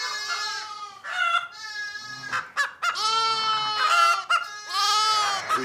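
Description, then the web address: Sheep bleating: several long, wavering bleats in a row. On a farm. "sound-effects-bible Farm Sheep Chickens"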